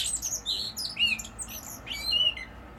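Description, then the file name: Common blackbird song of high, squeaky twittering notes mixed with short whistles, against a steady, hissing background noise. "Turdus merula"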